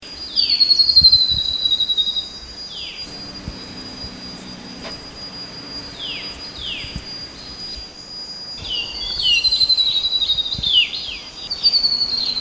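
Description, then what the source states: Grey-throated babbler giving high, thin downslurred notes in quick runs, with a sliding trill in two bursts and a constant shrill insect tone behind. Recorded 13 August 2009.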